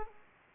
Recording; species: mosquito wingbeat signal from an infrared sensor; Aedes aegypti